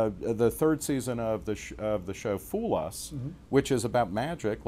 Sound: none